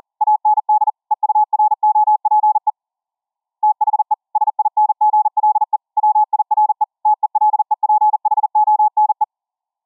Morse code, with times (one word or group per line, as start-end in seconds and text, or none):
0.2-0.9 AND
1.1-2.7 EUROPE
3.6-4.1 THE
4.4-5.8 SINGLE
6.0-6.8 WIRE
7.1-9.2 TELEPHONE